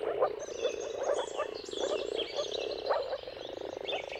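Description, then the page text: A chorus of moor frogs gives low, bubbling notes in quick pulses, with high bird whistles faintly layered over them. Many moor frogs giving mating calls at sunrise in a dawn chorus, around the turn of March and April, timing depending on the weather. "Jakub-Orzecki moor frogs. Dawn’s Chorus: Mating Calls of Marsh Frogs at Sunrise. Depending on the weather at the turn of March and April, you can witness an amazing spectacle of moor frogs"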